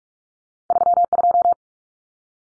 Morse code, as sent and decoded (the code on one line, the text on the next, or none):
...-- ..---
32